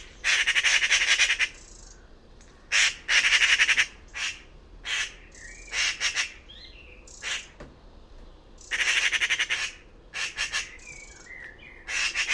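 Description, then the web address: Bird repeating harsh, buzzy squawks in clustered bursts, with quiet chirps in the gaps. "Bird Only More Classes Pi Pi Pi Pi"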